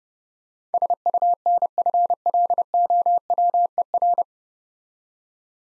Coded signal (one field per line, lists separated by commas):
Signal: Morse code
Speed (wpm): 32 wpm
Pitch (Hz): 700 Hz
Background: none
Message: SUNFLOWER